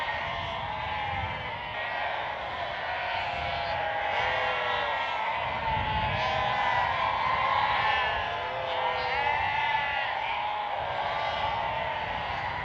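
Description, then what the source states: Sheep bleat in a crowded chorus, overlapping quavering cries, some rising then falling, layered without a break across the whole stretch. Sheep bleating at a prairie.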